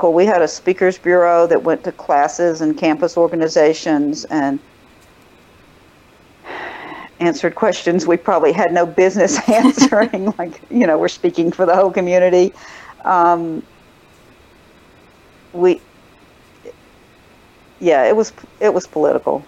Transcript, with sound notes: We had a speaker’s bureau that went to classes and campus organizations questions we probably had no business [laughter] Like, you know, we’re speaking for the whole community—we…yeah, it was—it was political.